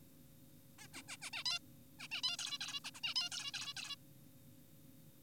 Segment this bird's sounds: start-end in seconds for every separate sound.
0.79-0.88, 0.94-1.02, 1.08-1.17, 1.22-1.30, 1.33-1.44, 1.46-1.59, 2.00-2.08, 2.12-2.22, 2.24-2.37, 2.39-2.58, 2.61-2.80, 2.84-2.91, 2.95-3.00, 3.04-3.14, 3.16-3.30, 3.32-3.52, 3.54-3.74, 3.77-3.96